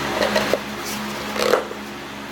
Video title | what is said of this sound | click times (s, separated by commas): 2017 VW Passat oil change | snaps into place you heard that snap | 1.4 s, 1.5 s